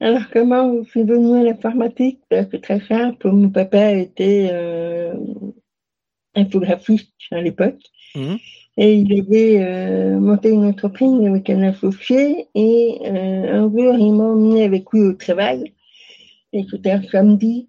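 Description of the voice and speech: Fluent French from an adult woman who is deaf, with distorted, dropped consonants, drawn-out filler vowels and pauses. Her hearing loss was severe and became profound with age, so that without hearing aids she cannot hear people speak; she learned to speak through many hours of speech therapy.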